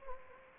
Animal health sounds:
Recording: mosquito wingbeat signal from an infrared sensor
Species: Anopheles gambiae

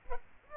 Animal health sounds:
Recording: mosquito wingbeat signal from an infrared sensor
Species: Aedes aegypti

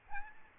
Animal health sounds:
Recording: mosquito wingbeat signal from an infrared sensor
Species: Aedes albopictus

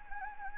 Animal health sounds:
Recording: mosquito wingbeat signal from an infrared sensor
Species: Anopheles gambiae

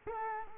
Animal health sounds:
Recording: mosquito wingbeat signal from an infrared sensor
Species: Culex quinquefasciatus

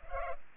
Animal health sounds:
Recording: mosquito wingbeat signal from an infrared sensor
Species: Culex pipiens

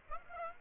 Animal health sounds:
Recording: mosquito wingbeat signal from an infrared sensor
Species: Aedes aegypti

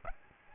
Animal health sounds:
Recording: mosquito wingbeat signal from an infrared sensor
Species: Aedes aegypti

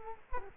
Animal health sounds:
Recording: mosquito wingbeat signal from an infrared sensor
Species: Culex quinquefasciatus

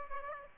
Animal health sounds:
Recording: mosquito wingbeat signal from an infrared sensor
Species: Aedes aegypti

